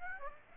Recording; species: mosquito wingbeat signal from an infrared sensor; Aedes aegypti